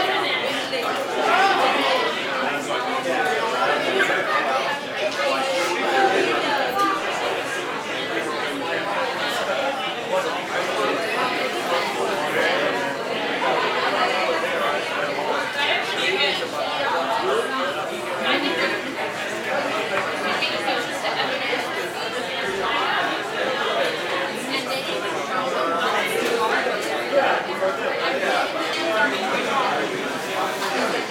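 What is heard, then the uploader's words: A busy bar fills with dense, steady crowd chatter, many overlapping voices murmuring throughout. Busy Bar Ambience.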